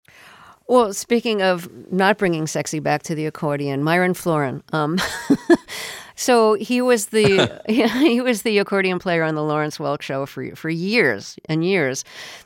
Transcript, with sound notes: Well, speaking of not bringing sexy back to the accordion, Myron Floren (laughter). So he was the accordion player on "The Lawrence Welk Show" for years and years.